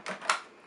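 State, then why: Seated. A plastic electrical connector on a Rainbow vacuum hose is pushed into the onboard socket on the canister body, under a small lifted flap. A softer scrape of contact comes first, then a sharp click at 0.3 s that quickly fades. The connector is seated.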